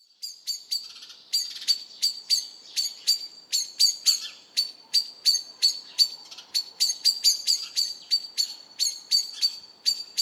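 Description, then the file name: Common blackbird uttering hard, high chink calls in an irregular but continuous series, some notes bunched closely together. "Turdus merula"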